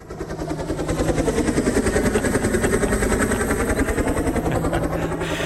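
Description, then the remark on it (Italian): Drones flying with a steady, dense rotor buzz, loud and continuous, with a rapid pulsing flutter and a low humming drone underneath, rising quickly at the start and holding throughout. “Qualcuno direbbe l'elicottero della fuga, no, so, qualcuno direbbe che sono gli elicotteri del Fondo Monetario Internazionale, in realtà sono droni.”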